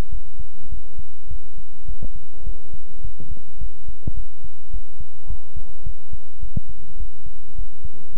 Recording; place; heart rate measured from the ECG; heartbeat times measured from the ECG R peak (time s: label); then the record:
heart sounds by stethoscope; between the tricuspid and mitral areas; 105 bpm
0.09 s: heartbeat
0.69 s: heartbeat
1.27 s: heartbeat
1.85 s: heartbeat
2.43 s: heartbeat
3.01 s: heartbeat
3.58 s: heartbeat
4.14 s: heartbeat
4.70 s: heartbeat
5.27 s: heartbeat
5.83 s: heartbeat
6.39 s: heartbeat
6.97 s: heartbeat
7.55 s: heartbeat
8.13 s: heartbeat
From the record:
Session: pedaling a stationary bicycle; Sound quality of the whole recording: good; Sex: male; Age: 24 years